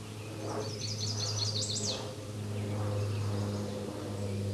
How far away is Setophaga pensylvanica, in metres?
about 10 m